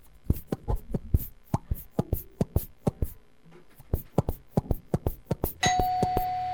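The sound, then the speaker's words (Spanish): A quick run of sharp, irregular tapping knocks, then a steady electronic doorbell tone sounds and holds, a bright sustained buzz with ringing overtones at the end. “Pero sonó el timbre, boluda, ¿cómo no vamos a ir?”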